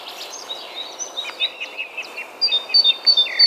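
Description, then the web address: Great tit calls as bright, repeated two-tone notes in the second half, after a stretch of mixed high chirps. "SETE Parus major"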